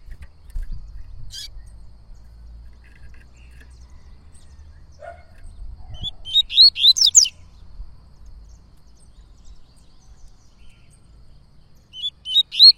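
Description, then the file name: Yellow-bellied Seedeater song in two short bursts of high, sweet whistled notes several seconds apart, with soft low background rumble and a few faint sounds between. Bird singing a lot, performing the tui-tui song style. "Coleiro Baiano Cantando Muito Canto Tui Tui"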